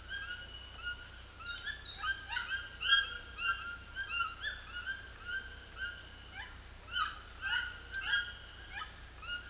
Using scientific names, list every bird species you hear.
Ramphastos tucanus